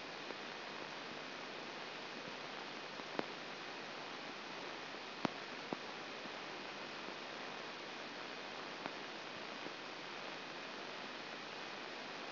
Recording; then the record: brain microelectrode recording played as sound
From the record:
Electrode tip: inside the subthalamic nucleus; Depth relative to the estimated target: 3 mm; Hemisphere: left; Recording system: AlphaMap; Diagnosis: Parkinson's disease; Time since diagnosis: 12 years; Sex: female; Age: 47 years